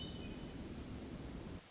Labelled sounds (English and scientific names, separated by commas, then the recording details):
Hermit Thrush (Catharus guttatus)
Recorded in Sonoma County, California